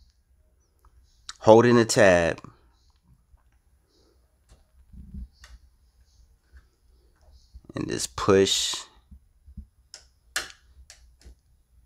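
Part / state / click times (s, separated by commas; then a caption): ink refill cartridge into inkjet printer cartridge slot / seated / 10.4 s. A plastic sublimation refill ink cartridge, fitted with a transferred microchip, is held by its tab and pushed into the cartridge slot of a WF-7840 inkjet printer converted for sublimation while someone talks. Faint handling taps lead up to a sharp click at 10.4 s as the cartridge seats home.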